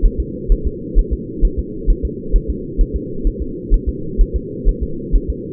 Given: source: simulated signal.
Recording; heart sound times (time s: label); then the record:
fetal heart sounds
0.06 s: S1
0.20 s: S2
0.52 s: S1
0.67 s: S2
0.99 s: S1
1.13 s: S2
1.45 s: S1
1.59 s: S2
1.90 s: S1
2.05 s: S2
2.36 s: S1
2.50 s: S2
2.81 s: S1
2.96 s: S2
3.27 s: S1
3.42 s: S2
3.74 s: S1
3.89 s: S2
4.21 s: S1
4.36 s: S2
4.69 s: S1
4.83 s: S2
5.16 s: S1
5.30 s: S2
From the record:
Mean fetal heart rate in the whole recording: 130 bpm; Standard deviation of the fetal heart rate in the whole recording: 4 bpm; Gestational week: 38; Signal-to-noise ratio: -4.3 dB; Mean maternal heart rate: 72 bpm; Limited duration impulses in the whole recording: present